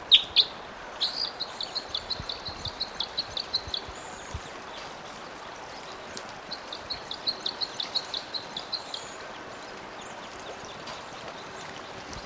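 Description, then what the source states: Red Crossbill flight calls, short sharp high chips given in quick bursts, several notes per second in two runs separated by a pause, over steady background hiss. Type 5 flight calls from a bird flying in.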